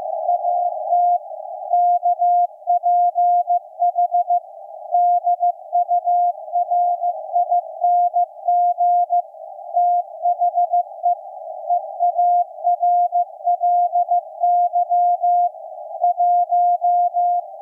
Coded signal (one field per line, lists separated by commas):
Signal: Morse code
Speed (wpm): 15 wpm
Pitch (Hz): 700 Hz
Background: none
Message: AT KPH DURING THE EARLY 1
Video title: Night of Nights XX KPH Point Reyes California Reactivation 128085 kHz CW Shortwave SDRplay RSP1A W6L